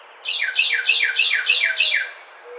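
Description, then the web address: Carolina wren song, six rich repeated syllables, each a quick downward sweep, delivered in a rapid even series lasting about two seconds over a soft hiss. Recorded 11 April 2009. "Carolina Wren 2009 04 11"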